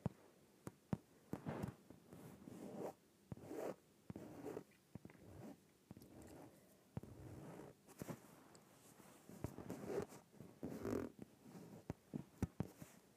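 An inflated yoga ball is handled and rubbed, giving bursts of squeaky, zipper-like rasping that rise and fall every second or so. Sharp clicks and taps cut through at irregular moments, with brief near-silent gaps between the rubbing strokes.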